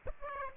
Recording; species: mosquito wingbeat signal from an infrared sensor; Aedes aegypti